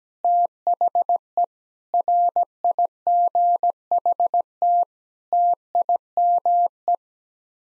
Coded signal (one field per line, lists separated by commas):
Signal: Morse code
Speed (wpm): 17 wpm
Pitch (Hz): 700 Hz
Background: none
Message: THE RIGHT TIME